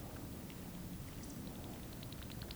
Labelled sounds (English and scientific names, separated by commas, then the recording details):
Eurasian Woodcock (Scolopax rusticola) whistle
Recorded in Baden-Württemberg, Germany, on 12 June 2020 at 20:20 UTC
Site 43738, 650 m above sea level